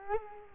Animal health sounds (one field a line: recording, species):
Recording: mosquito wingbeat signal from an infrared sensor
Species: Culex quinquefasciatus